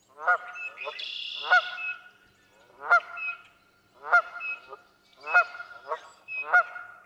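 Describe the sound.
Canada goose honking, loud honks repeated about once a second, with fainter higher calls between them.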